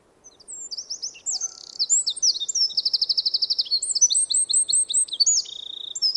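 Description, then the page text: Eurasian wren song: a loud, high, rapid outpouring of sharp notes and fast rattling trills, tumbling on for several seconds. "Звук Крапивника, Подкоренника (Troglodytes troglodytes). Sound Pack. Птицы России"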